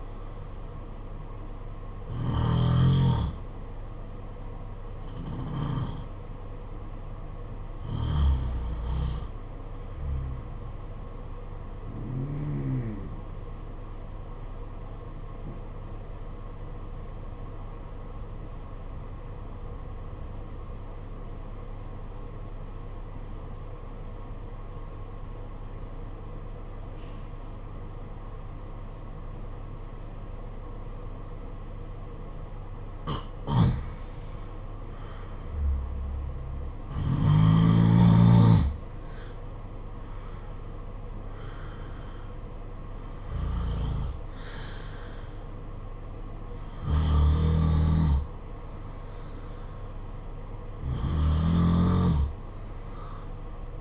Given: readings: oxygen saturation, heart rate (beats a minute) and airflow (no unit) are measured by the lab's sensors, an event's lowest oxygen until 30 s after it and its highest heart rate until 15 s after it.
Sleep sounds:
breathing in sleep by a smartphone at the bedside; 1
15.00-33.60 s: obstructive apnea (N2, oxygen 92% highest, then 84% lowest, heart rate 52 at the start, 66 highest)
From the record:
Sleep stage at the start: N2 (light sleep); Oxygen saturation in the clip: 85 to 94%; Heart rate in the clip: 50 to 66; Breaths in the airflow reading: 10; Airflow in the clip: -10.4 to 12.7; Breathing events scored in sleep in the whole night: 476 in 9.7 hours asleep

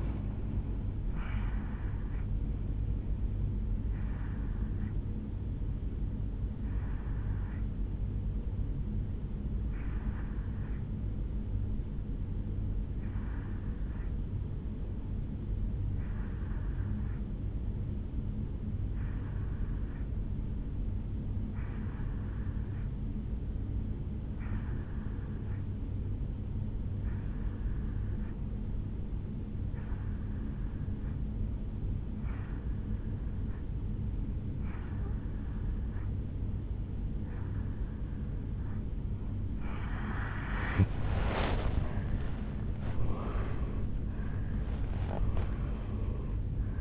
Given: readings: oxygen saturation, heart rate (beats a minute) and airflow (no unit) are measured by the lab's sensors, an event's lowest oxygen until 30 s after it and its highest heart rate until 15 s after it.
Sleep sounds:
breathing in sleep by a smartphone at the bedside; 1
11.00-41.50 s: hypopnea (N2, oxygen 94% highest, then 86% lowest, heart rate 56 at the start, 78 highest)
32.00-46.81 s: new sleep stage, N1 (lightest sleep)
From the record:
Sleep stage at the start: N2 (light sleep); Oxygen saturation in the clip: 86 to 94%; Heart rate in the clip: 55 to 75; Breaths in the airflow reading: 12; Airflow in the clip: -13.3 to 9.6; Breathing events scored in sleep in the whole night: 449 in 7.0 hours asleep

